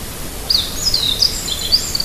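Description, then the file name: Meadow bunting singing a quick string of high, sharp, slurred notes that run together into one bright phrase, with constant hiss behind. "hojiro"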